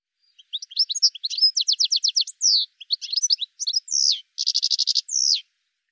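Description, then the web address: Bird song mixing quick high chirps, a run of rapid repeated notes, slurred whistles and a harsh buzzy rattle. "cianscape birddata"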